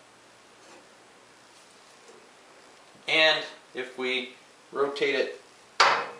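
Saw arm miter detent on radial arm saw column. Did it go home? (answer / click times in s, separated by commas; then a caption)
yes / 5.8 s. Someone talks while the arm of a radial arm saw is rotated to the right on its column. At 5.8 s its spring-loaded 45-degree miter detent drops into place with a sharp click, and the arm is seated at 45 degrees.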